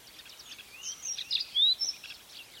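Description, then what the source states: Weavers giving high, squeaky chirps and chatter, with a brief bright whistled rising note standing out midway. Recorded at a large weaver nest in Etosha National Park, Namibia.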